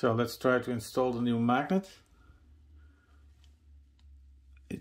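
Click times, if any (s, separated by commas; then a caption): 4.7 s. Someone talks, then a new permanent field magnet from a motor upgrade kit is pressed into the plastic motor housing of a Märklin 33121 HO model locomotive. After a few faint ticks, a sharp click at 4.7 s marks the magnet seating in place.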